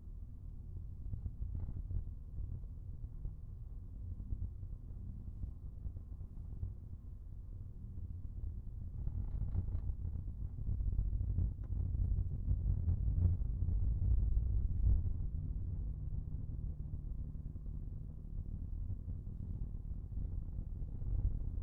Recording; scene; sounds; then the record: everyday scene through a hearing-aid microphone; in a vehicle; engine, rumble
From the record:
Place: Skoda Fabia, gasoline engine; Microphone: behind the ear, right, rear